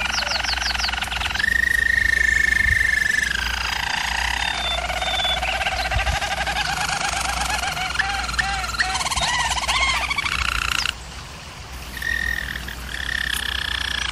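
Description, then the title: German Roller canary delivering long sustained rolls and trills, a clear whistled tour, then rapid repeated notes and further rolling phrases, with a constant low hum. Canary training recording of a German Roller canary singing. "German Roller Canary Singing - Canary Training Vid"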